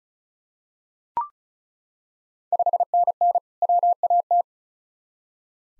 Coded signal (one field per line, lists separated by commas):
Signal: Morse code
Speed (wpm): 36 wpm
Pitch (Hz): 700 Hz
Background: none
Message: 5NN WAT